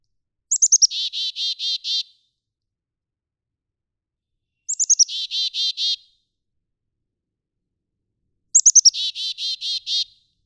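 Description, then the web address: Black-capped chickadee calling: three bouts, each of quick high introductory notes then a string of six or so buzzy dee notes, roughly every four seconds. "birdsongforthecurious songs Black-capped Chickadee"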